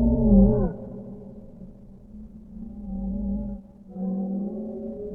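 Whale call: a brief loud moan at the start, then softer, sustained harmonic tones fading in and out.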